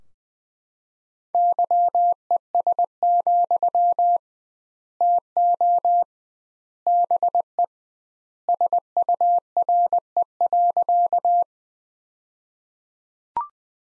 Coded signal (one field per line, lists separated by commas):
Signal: Morse code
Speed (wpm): 20 wpm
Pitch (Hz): 700 Hz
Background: none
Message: YES, TO BE SURE.